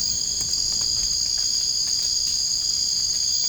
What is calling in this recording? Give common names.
none